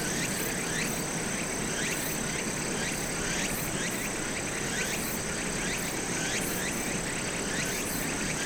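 Cicada buzzing as a steady high drone with pulsing bursts above it, along with repeated short rising chirps over a hissy background.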